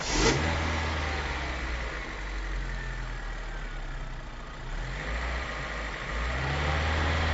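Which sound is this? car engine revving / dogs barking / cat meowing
car engine revving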